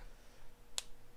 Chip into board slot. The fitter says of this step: and as long as I make sure it clicks all in it's right back where it belongs